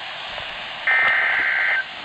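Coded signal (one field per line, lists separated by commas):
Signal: Emergency Alert System (SAME) tones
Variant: header bursts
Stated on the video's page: Real hurricane-related alerts recorded with a camera used as a camcorder.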